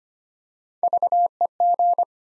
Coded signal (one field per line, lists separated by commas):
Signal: Morse code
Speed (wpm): 25 wpm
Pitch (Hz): 700 Hz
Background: none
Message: VEG